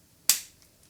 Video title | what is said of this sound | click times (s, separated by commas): ADO AIR 20S E-Bike Review: The AIR SUCCESSOR! (Suspension + Ultra-Light + Belt Drive + Foldable) | This is a twist lock. Snaps in place nicely. | 0.3 s